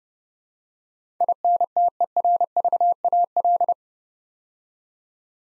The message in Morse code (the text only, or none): INTERVAL